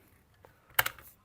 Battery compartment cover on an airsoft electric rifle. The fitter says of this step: เรียบร้อยล็อคละอ่ะมาฟังเสียงกันครับ